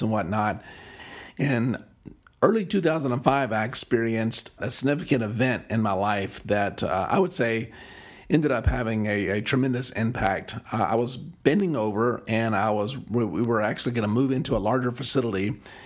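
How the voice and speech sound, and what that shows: A low-pitched adult male voice speaks in a narrow, fairly flat pitch range. The voice is mildly breathy and weak, with occasional creaky breaks. This is breathy dysphonia from left vocal cord paresis after neck surgery for cervical stenosis injured the left recurrent laryngeal nerve, so the vocal cords do not come together all the way; about 2.5 months after surgery, slowly recovering.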